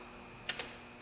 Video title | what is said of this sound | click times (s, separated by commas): How do I replace a battery on a 2013 Ford Escape | push it back in you'll hear it snap in place | 0.5 s, 0.6 s